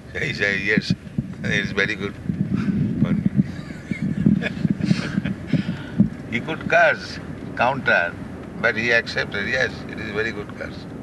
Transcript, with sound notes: So he said, "Yes, that is very good for me." [laughs] He could curse, counter, but he accepted, "Yes, it is a very good curse.